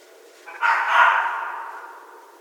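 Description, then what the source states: Red fox letting out one loud, hoarse, barking scream that swells quickly and fades slowly over more than a second. Recorded 13 January 2012.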